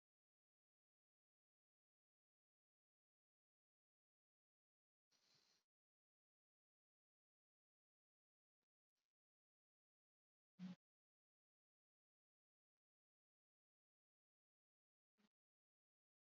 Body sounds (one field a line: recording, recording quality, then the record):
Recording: shallow breathing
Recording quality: excellent, no background noise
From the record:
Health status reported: healthy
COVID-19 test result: negative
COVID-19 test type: RT-PCR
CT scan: not taken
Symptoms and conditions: none ticked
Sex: male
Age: 26 years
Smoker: no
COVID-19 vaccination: both doses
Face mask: worn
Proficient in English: no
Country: India